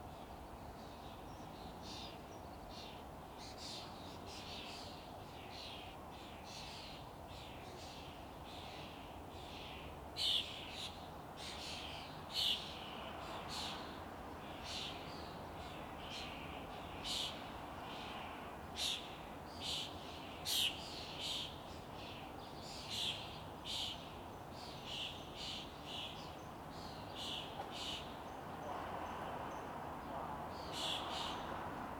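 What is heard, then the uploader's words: Outdoors at a balcony, bright bird chirps repeat every second or two over a steady low rumble of traffic. Musselburgh balcony. Just before breakfast.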